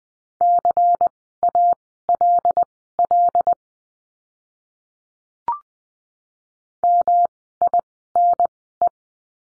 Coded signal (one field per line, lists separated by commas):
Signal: Morse code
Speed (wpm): 20 wpm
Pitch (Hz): 700 Hz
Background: none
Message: CALL MINE